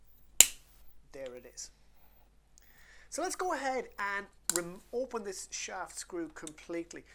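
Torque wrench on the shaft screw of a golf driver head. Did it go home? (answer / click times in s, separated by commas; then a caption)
yes / 0.4 s. The supplied torque wrench turns the shaft screw of a TaylorMade M2 golf driver head clockwise and gives a sharp click at 0.4 s, showing the screw is fully tightened and safely in place and preventing over-tightening. Someone then talks.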